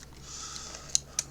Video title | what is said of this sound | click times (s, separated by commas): eBay No Name 1080p Action Cam - Initial Thoughts | locks in place, so at least this is impact resistant and everything. | 0.9 s, 1.2 s